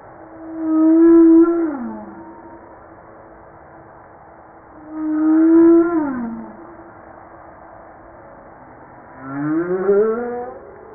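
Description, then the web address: Humpback whale song: long low moaning tones near one pitch that bend downward, plus rising harmonic swoops, in three phrases about four seconds apart. Recorded 5 March 1994. "PMahe Voile'Ocean. 940305-1022 HUMPBACK"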